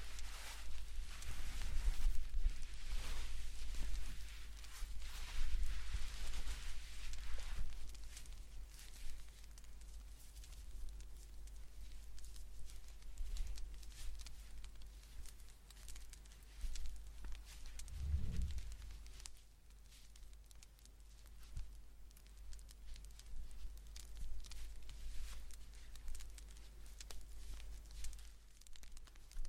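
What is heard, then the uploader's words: Knitting a blanket, with soft rustling and scattered small clicks over a low hum, busier in the first seconds and a dull thump near eighteen. ASMR Blanket Knitting To Put You To Sleep No Talking.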